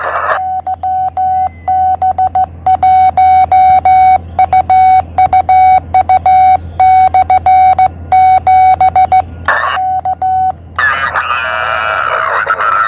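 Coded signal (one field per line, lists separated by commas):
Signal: Morse code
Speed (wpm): 15 wpm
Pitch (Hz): 750 Hz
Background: none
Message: YB1UUU/7 K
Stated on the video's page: QRP station in a cottage in contact with a high-power station.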